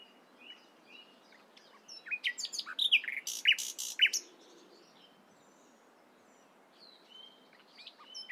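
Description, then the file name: Common nightingale singing a varied phrase of sharp clicks, loud rapid notes and clear whistles, then a pause before softer whistled notes resume. "Luscinia megarhynchos"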